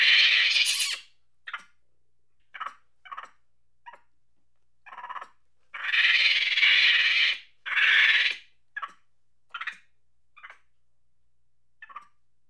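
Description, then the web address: Monkey angry chatter opening with a loud screech, then brief harsh notes, two long rasping screams midway, and scattered short chatters to the end. "Sony Pictures Sound Effects Series Volumes 1-10 Volume 1 Animals Monkey Angry Chatter"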